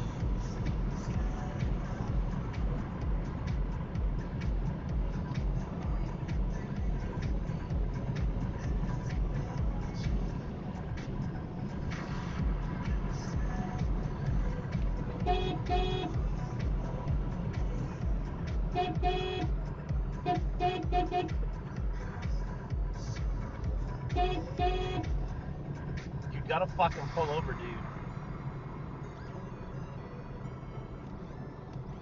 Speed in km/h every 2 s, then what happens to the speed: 92, 92, 90, 92, 90, 90, 89, 85, 76, 64, 63, 71, 74, 64, 63, 64.
0-12 steady at about 90. 12-19 brakes to 63. 19-23 speeds up to 74. 25-27 brakes to 63.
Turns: none.